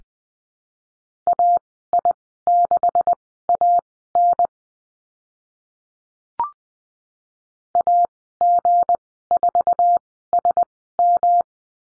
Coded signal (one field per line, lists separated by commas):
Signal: Morse code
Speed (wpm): 20 wpm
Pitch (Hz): 700 Hz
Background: none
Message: AI6AN AG4SM